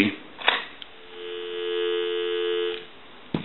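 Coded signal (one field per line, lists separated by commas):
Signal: telephone call progress tone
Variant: North America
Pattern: dial tone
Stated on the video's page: Tone on a pink Western Electric Princess rotary telephone during initial checkout and repair conversion.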